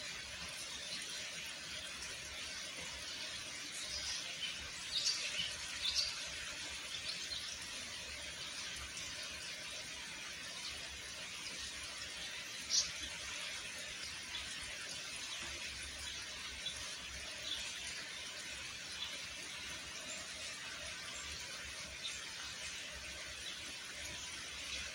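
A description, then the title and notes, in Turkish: Steady rain makes a dense, even hiss that stays unchanged across the whole recording, with a soft low rumble underneath. A few brief, sharper ticks stand out around five to six seconds and again near thirteen seconds. Yağmur Sesi.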